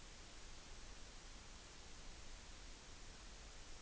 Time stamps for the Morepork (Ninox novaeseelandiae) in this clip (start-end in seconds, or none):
none